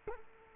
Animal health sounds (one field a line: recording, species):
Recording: mosquito wingbeat signal from an infrared sensor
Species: Culex quinquefasciatus